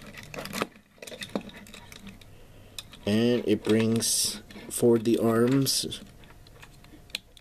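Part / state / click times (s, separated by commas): plastic arms into body of transforming toy figure / seated / 7.2 s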